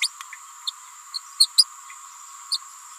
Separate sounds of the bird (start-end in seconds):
0.01-0.09, 0.66-0.71, 1.14-1.20, 1.39-1.48, 1.58-1.65, 2.50-2.58